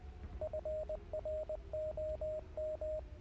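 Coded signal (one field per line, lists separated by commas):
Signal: Morse code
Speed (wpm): 20 wpm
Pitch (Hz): 620 Hz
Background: radio noise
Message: FROM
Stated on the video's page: Heard during a livestream of the game Hell is Us.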